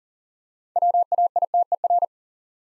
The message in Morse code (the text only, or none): WAITER